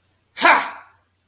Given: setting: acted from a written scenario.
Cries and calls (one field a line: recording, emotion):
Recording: vocal sound without words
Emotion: triumph